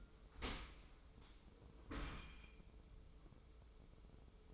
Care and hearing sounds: daily activity, microphone in the room; open dishwasher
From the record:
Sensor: 1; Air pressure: 995.8 hPa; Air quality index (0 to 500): 57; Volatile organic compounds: 2 ppm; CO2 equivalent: 1113 ppm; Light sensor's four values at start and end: 32/110/42/44 and 32/110/42/44

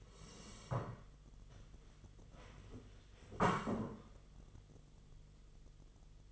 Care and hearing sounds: daily activity, microphone in the room; sit down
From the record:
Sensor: 4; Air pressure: 1006.2 hPa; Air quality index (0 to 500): 99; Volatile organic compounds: 2 ppm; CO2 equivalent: 1234 ppm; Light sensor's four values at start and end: 12/28/11/10 and 12/28/11/10

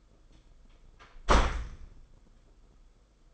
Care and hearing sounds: daily activity, microphone in the room; close door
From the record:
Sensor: 5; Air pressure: 990.6 hPa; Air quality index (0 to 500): 151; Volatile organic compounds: 170 ppm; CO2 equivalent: 4107 ppm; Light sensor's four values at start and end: 27/65/27/29 and 27/64/26/28

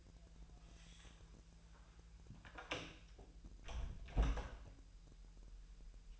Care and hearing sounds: daily activity, microphone in the room; close door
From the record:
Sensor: 2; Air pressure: 1001.2 hPa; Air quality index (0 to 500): 247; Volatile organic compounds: 84 ppm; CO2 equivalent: 3640 ppm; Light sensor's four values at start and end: 10/24/10/10 and 10/23/10/10

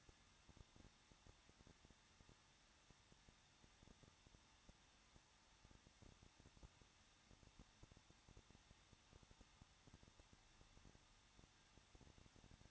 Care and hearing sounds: daily activity, microphone in the room; no activity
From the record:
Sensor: 3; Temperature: 21.2 degrees Celsius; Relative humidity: 36.3%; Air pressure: 1006.3 hPa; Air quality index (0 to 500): 221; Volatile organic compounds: 40 ppm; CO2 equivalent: 3155 ppm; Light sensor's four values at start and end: 2/3/2/2 and 2/3/2/2

